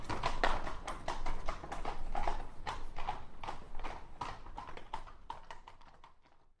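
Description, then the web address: Horse hoofbeats in a quick trot on a hard surface, growing softer and dying out at the end. Two horses trotting by on cobbles. "Hollywood Edge Historical Series War Horses Armies Weapons Two Horses Trot By On Cobbles"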